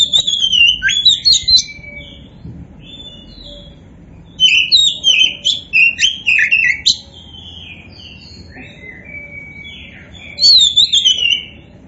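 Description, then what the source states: Oriental magpie-robin song: bursts of rich, varied whistles and sweeping notes, three phrases separated by quiet pauses, with a faint low hum beneath. Kacer poci variety, described as gacor, meaning singing prolifically.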